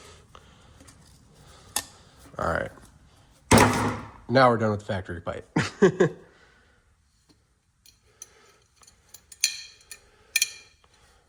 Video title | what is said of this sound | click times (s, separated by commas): 6.7 Powerstroke Cold Side Pipe Upgrade!!! You need this! | All right, so we have the ring installed. It just pops into place. There's slots there for it to pop into. | 9.4 s, 10.4 s